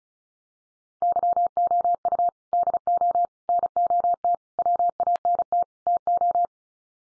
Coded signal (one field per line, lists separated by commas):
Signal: Morse code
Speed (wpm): 34 wpm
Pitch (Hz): 700 Hz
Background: none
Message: YOU DO NOT WANT TO